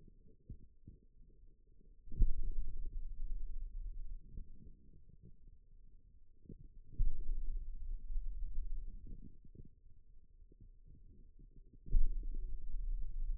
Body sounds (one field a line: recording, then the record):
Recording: forearm muscle sounds (acoustic myography)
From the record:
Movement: pen grasping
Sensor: system 2, bracelet of six BSWA MPA416 microphones around the upper forearm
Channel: 1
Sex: male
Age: 22 years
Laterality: right